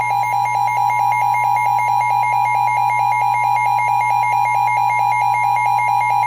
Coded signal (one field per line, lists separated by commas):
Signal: Emergency Alert System (SAME) tones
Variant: 853 and 960 Hz attention tone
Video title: [EAS/NWS] Freeze Warning - Western Siskiyou County, California (8 May)